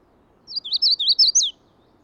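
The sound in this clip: Magnolia warbler singing a short, quick phrase of high, wavy whistled notes, roughly six in a row, finishing with a rising-then-dropping flourish.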